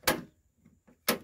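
Two loud, sharp clicks at 0.1 s and 1.1 s come from the door latch mechanism of a Ford F150 pickup truck's small rear door. The door is open, and the latch is being worked by hand to test a newly reconnected cable. The latch clicks closed and seats, with faint rustling between the clicks.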